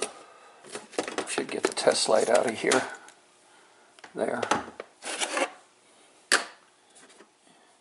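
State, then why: Seated. A key-operated latch on a car is worked while testing with a test light. Someone talks over handling noises, then one sharp click at 6.3 s is the key latching it shut.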